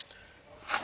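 A supply tap connector is handled at the violet-with-white-stripe brake wire down at the brake pedal of a 2011 Ford Focus during a remote start installation. There are faint rustling and handling noises, brief sharp ticks near 0.0 and 0.9 seconds, and a louder scraping burst from about 0.7 seconds. Nothing has clicked or seated yet.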